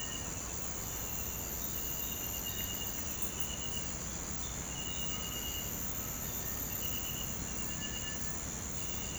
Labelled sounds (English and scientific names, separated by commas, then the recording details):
Cinereous Tinamou (Crypturellus cinereus)
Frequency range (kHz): Cinereous Tinamou (Crypturellus cinereus) 1.6-2.0 kHz
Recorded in pastures near Puerto Asís, Putumayo, Colombia, on 24 March 2025 at 06:00
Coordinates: 0.472, -76.329
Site G074